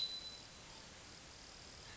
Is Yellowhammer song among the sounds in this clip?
no